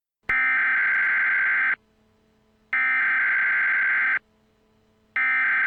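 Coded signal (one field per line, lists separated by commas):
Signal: Emergency Alert System (SAME) tones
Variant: header bursts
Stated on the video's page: Fictional mock EAS scenario made with EAS Creator 3.0 software.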